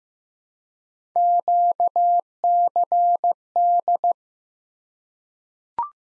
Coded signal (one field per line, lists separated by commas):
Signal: Morse code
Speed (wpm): 15 wpm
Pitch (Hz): 700 Hz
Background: none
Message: QCD